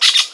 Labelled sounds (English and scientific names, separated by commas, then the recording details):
Brown-throated Parakeet (Eupsittula pertinax) contact call
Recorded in Venezuela
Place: Guárico; Corozopando; Fundo La Fe
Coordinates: 8.506, -67.593